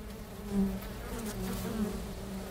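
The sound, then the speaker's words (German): A steady, low droning hum of many honeybees buzzing together at a hive entrance in spring, with wavering tones swelling and fading as individual insects pass through the continuous drone. “Für einen Imker vor einem Flugloch zu stehen, Bienen zu beobachten und das Summen im Frühling, das Erwachen des Bienenvolkes zu hören, ist einfach einzigartig.”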